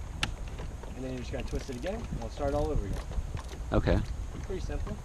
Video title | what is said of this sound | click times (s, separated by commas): Time to choose between the Hobie Camo Edition Outback and Pro Angler 12 | then you just turn around push it back in till it snaps | 0.2 s